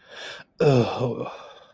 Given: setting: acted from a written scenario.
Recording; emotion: vocal sound without words; embarrassment